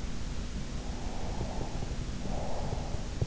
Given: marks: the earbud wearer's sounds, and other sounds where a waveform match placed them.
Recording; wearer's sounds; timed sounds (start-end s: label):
sounds in sleep by an in-ear microphone; breath
0.94-3.12 s: breath